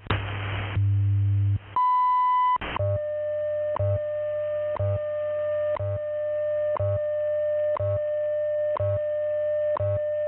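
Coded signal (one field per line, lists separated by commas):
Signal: radio time signal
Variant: WWV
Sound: brief low hum, a long high beep, then a click every second over a steady tone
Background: radio static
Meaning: The long 1 kHz tone marks the start of a new minute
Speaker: at the tone, 16 hours, 5 minutes, coordinated universal time.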